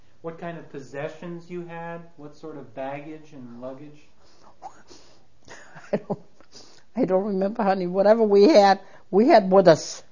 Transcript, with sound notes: What kind of possessions you had, what sort of baggage and luggage?
( she laughs ) I don't remember, honey. Whatever we had, we had with us.